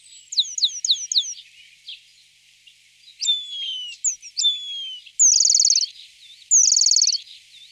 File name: Remiz pendulinus